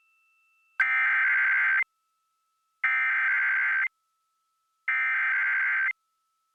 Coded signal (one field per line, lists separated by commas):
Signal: Emergency Alert System (SAME) tones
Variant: header bursts